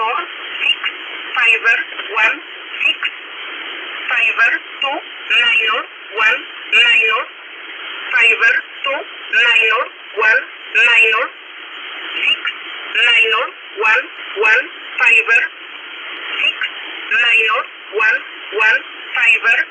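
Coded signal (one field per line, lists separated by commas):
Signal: numbers station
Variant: E11, English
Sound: single voice reading short spoken numbers at a steady, evenly spaced pace over radio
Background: radio static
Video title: 12153kHz USB Polish Number Station E11 calling 304 (Jun 30, 2026)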